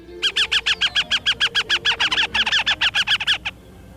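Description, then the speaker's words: Northern Harrier alarm call: a rapid, harsh chatter of evenly spaced kek notes in one steady run of about three seconds, then stopping. "And the Northern Harrier sounds like this. First the alarm call, and then the ee-ah sound of a female in breeding season."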